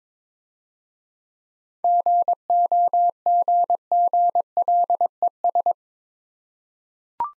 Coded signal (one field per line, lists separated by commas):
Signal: Morse code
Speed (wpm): 22 wpm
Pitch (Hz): 700 Hz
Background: none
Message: GOGGLES